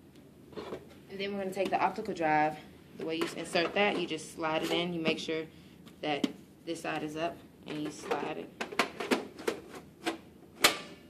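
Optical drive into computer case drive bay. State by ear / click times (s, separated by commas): seated / 10.6 s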